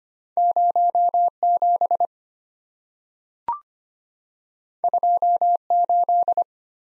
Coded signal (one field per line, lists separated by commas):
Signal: Morse code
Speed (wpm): 26 wpm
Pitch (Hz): 700 Hz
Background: none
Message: 07 28